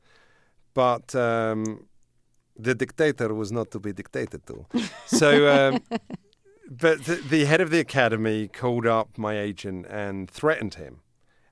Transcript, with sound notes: But the dictator was not to be dictated to.
(LAUGHTER)
So, but the head of the Academy called my up agent and threatened him,